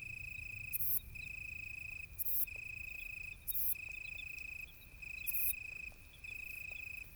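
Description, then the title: Italian tree cricket song: a steady, pure trill in phrases roughly a second long with short pauses, harsh buzzy bursts from another insect between phrases, and a low rumble underneath. Moonless, pitch-dark night during a thunderstorm with occasional lightning; vine ephippiger audible in the background. "naturophonie. Un grillon sous l'orage"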